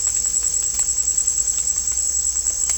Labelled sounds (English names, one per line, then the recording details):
none
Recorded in dense forest near Puerto Asís, Putumayo, Colombia, on 16 December 2024 at 17:30
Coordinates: 0.499, -76.324
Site G045